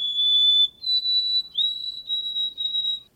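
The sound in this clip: White-throated Sparrow song of pure whistles: one long steady note, a slightly higher second note, then three repeated notes.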